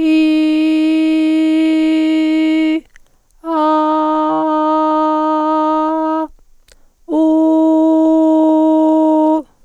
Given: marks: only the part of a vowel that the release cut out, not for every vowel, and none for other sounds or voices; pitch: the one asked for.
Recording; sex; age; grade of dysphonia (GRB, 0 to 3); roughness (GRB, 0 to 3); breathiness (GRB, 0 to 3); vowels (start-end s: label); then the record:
sustained vowels; female; 40 to 49 years; 0; 0; 0
0.70-2.61 s: vowel /i/, high pitch
3.69-5.68 s: vowel /a/, high pitch
8.11-9.26 s: vowel /u/, high pitch
From the record:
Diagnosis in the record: psychogenic dysphonia, hyperfunctional dysphonia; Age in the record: 49 years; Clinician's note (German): Cervicogene Komponente